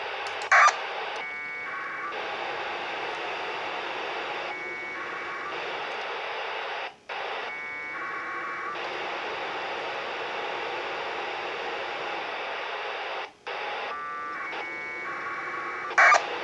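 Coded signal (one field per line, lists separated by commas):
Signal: packet radio (AX.25, as in APRS)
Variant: 1200 baud AFSK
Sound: steady radio hiss with a few brief, harsh two-tone data bursts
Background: radio static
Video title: Connect the International Space Station ISS via packet radio with an FT-897D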